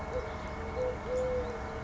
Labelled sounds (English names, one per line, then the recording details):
Eurasian Collared Dove
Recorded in Sonoma County, California